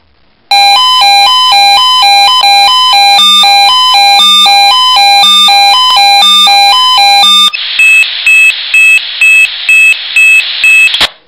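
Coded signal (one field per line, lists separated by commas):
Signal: pager alert tone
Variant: Swissphone Quattro pager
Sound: rapid alternating electronic beep melody for about 7 seconds, then 7 short pulsed beeps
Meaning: Monthly test alarm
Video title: Probealarm Swissphone Quattro XL+ Funkmeldeempfänger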